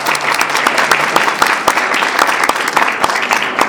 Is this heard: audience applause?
yes